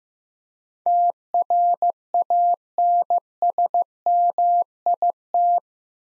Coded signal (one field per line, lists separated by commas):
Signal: Morse code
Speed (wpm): 15 wpm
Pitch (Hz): 700 Hz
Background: none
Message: TRANSMIT